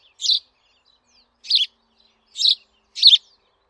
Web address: Sounds housesparrow